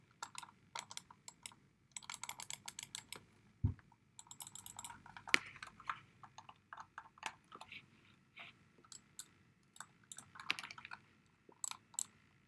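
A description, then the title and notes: Computer mouse clicks and taps, coming in quick irregular clusters for the whole twelve seconds. A dull thump lands near 3.7 seconds and a sharper, louder click just after 5 seconds, over a faint low hum. Computer Mouse.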